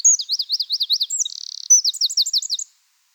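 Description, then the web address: Eurasian wren song fragment: swift, high looping trills, a dry buzzy rattle, then more sharp repeated notes before it stops. "SETE Troglodytes troglodytes"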